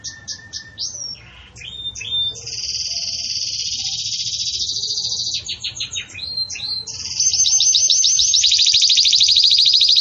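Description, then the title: Canary song that opens with soft notes, moves into a long high rolling trill, brief choppy phrases, then a loud, fast rising-note trill. Belgian canary song in the campainha (bell) style, used for tutoring young canaries. "Canto Do Canário Belga Campainha Para Encarte De Filhotes"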